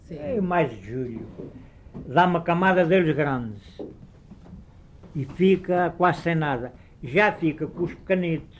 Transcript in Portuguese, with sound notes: Aí o mais de Julho. Dá uma camada deles grandes [pausa] e fica quase sem nada. E já fica com os pequenitos,